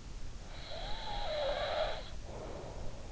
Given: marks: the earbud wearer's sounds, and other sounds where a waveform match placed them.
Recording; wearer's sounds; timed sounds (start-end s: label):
sounds in sleep by an in-ear microphone; snoring breath
0.46-3.02 s: snoring breath